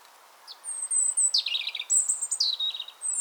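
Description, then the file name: European robin song phrase: thin high whistles followed by fast tumbling trills and descending slurred notes, continuous for nearly three seconds, faint hiss behind. "Erithacus rubecula"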